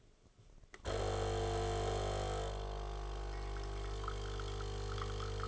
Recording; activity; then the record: daily activity, microphone in the room; make coffee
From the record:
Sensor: 4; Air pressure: 1015.5 hPa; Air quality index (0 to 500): 191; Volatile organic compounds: 9 ppm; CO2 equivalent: 2133 ppm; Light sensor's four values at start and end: 5/10/4/3 and 5/10/4/3